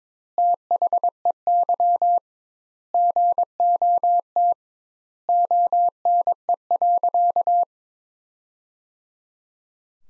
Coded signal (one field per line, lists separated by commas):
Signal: Morse code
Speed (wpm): 22 wpm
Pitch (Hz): 700 Hz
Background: none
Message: THEY GOT ONE.